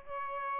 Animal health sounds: mosquito wingbeat signal from an infrared sensor; Aedes albopictus

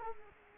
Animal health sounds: mosquito wingbeat signal from an infrared sensor; Culex quinquefasciatus

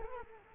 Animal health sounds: mosquito wingbeat signal from an infrared sensor; Culex quinquefasciatus

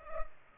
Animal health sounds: mosquito wingbeat signal from an infrared sensor; Culex pipiens

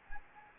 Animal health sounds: mosquito wingbeat signal from an infrared sensor; Anopheles gambiae

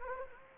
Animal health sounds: mosquito wingbeat signal from an infrared sensor; Anopheles gambiae

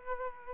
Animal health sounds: mosquito wingbeat signal from an infrared sensor; Aedes aegypti

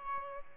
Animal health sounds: mosquito wingbeat signal from an infrared sensor; Aedes albopictus

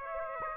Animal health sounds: mosquito wingbeat signal from an infrared sensor; Aedes aegypti

